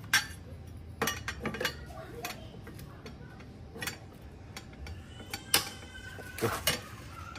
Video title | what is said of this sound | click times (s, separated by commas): SPEEDTEST STARLINK DI PALANGKARAYA KALIMANTAN TENGAH - +unboxing cara pemasangan, mengganti lokasi | ada bunyi kliknya guys ya | 5.5 s